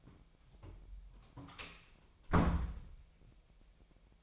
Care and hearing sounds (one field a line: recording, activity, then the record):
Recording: daily activity, microphone in the room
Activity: close door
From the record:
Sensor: 1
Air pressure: 1007.2 hPa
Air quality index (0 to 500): 198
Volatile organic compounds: 20 ppm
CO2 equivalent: 2677 ppm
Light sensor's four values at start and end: 13/34/14/15 and 13/32/13/15